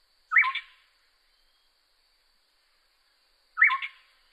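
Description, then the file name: Yellow-crowned gonolek song: two short, rich phrases about three seconds apart, each a bright burst dropping to a low whistled note, over a thin steady high hum. "Yellow crowned Gonolek Laniarius barbarus"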